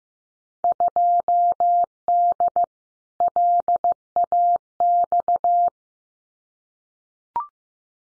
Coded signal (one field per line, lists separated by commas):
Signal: Morse code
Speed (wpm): 15 wpm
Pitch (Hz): 700 Hz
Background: none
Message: 2D LAX